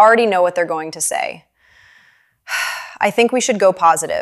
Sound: sighs